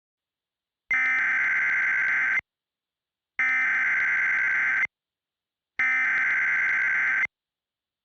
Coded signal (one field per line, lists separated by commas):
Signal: Emergency Alert System (SAME) tones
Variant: header bursts